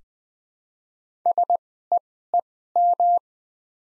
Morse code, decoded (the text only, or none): SEEM